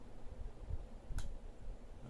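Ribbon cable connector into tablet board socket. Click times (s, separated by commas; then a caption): 1.2 s. A ribbon cable connector is pressed into its socket on the board of a Samsung Galaxy Tab 4 during a touch screen repair. Against a quiet, low hum, a single short, bright click sounds at 1.2 seconds as the connector seats and clicks in. The connector is confirmed seated.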